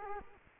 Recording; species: mosquito wingbeat signal from an infrared sensor; Culex quinquefasciatus